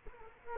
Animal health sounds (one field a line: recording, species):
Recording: mosquito wingbeat signal from an infrared sensor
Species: Culex quinquefasciatus